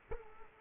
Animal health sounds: mosquito wingbeat signal from an infrared sensor; Culex quinquefasciatus

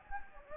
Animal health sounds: mosquito wingbeat signal from an infrared sensor; Anopheles gambiae

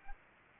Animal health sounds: mosquito wingbeat signal from an infrared sensor; Anopheles arabiensis

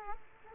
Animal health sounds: mosquito wingbeat signal from an infrared sensor; Culex quinquefasciatus

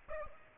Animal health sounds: mosquito wingbeat signal from an infrared sensor; Aedes aegypti

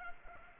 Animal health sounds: mosquito wingbeat signal from an infrared sensor; Culex pipiens

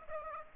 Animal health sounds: mosquito wingbeat signal from an infrared sensor; Aedes aegypti

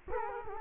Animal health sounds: mosquito wingbeat signal from an infrared sensor; Culex quinquefasciatus

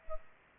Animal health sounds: mosquito wingbeat signal from an infrared sensor; Culex pipiens

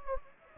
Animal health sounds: mosquito wingbeat signal from an infrared sensor; Anopheles gambiae

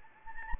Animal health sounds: mosquito wingbeat signal from an infrared sensor; Anopheles gambiae

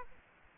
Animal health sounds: mosquito wingbeat signal from an infrared sensor; Aedes aegypti

